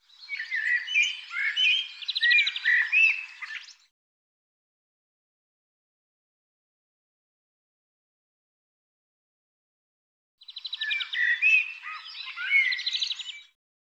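Bird giving rapid, buzzy chirps and squawks in two long jumbled bouts, with a long silent gap between them.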